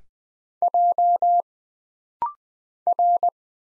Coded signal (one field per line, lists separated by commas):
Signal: Morse code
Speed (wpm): 20 wpm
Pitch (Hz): 700 Hz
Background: none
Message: J R